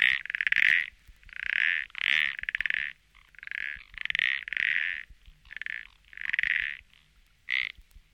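Frog giving loud, pulsed rattling croaks, each lasting under a second, repeated in a series.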